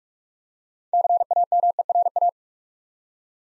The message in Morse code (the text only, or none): CAMERA